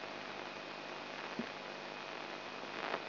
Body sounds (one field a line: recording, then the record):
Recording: brain microelectrode recording played as sound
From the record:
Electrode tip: inside the subthalamic nucleus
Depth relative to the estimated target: 2 mm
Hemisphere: right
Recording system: AlphaMap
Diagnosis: Parkinson's disease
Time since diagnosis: 9 years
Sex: male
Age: 58 years